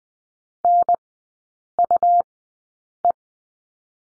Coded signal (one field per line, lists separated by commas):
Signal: Morse code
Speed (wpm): 20 wpm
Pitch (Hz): 700 Hz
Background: none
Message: NUE